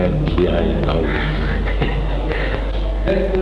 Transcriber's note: laughter